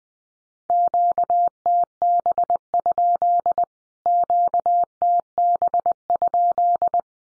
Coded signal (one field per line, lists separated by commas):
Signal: Morse code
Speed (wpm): 20 wpm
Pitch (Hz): 700 Hz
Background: none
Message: QTB? QTB?